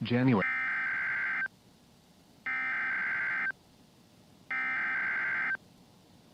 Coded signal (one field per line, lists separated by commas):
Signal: Emergency Alert System (SAME) tones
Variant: header bursts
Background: speech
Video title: EAS - CRP Required Weekly Test on WXK26 - 02/01/2023